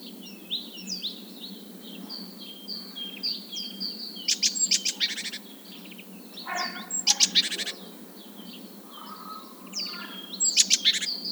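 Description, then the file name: Great tit rattling chatter in several bursts, with a harsher lower rasp midway and many thin slurred whistles throughout. "Parus major"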